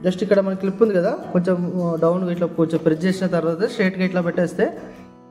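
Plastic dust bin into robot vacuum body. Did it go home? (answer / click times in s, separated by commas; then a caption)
no / none. A plastic dust bin is pressed slightly down at its clip and pushed straight into the body of a Eureka Forbes Smartclean robot vacuum while someone talks over background music. Nothing has seated or clicked yet.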